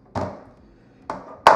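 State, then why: Seated. A Starlink router is pushed into its mount inside a plastic utility enclosure. Two duller knocks at about 0.2 and 1.1 seconds come before a sharp, loud snap at 1.5 seconds as the router seats in the mount.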